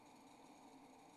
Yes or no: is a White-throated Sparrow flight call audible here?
no